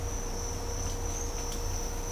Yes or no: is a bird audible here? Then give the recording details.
no. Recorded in dense forest near Puerto Asís, Putumayo, Colombia, on 22 December 2024 at 07:00. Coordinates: 0.503, -76.323. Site G043